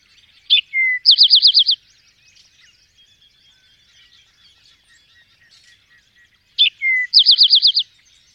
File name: eastern towhee